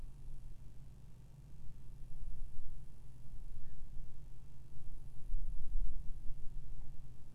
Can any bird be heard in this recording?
yes